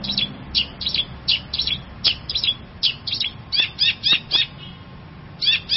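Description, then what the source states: Long-tailed shrike singing in quick chattering bursts of sharp, high chips and twittering notes, several per second, over faint low rumble. Champion songbird.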